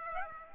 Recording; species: mosquito wingbeat signal from an infrared sensor; Aedes aegypti